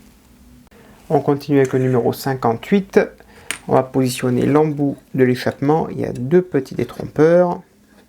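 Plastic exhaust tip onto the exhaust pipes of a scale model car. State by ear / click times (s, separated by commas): not seated / none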